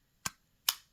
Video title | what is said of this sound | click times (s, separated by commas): The Datassette: A Cassette Case for your 2242 SSD! | has a really satisfying click to it. | 0.3 s, 0.7 s